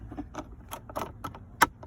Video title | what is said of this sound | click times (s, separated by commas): How to Replace Cabin Air Filter 2012 Toyota Sienna | And then you will hear 2 clicks. Boom, boom. | 1.2 s, 1.6 s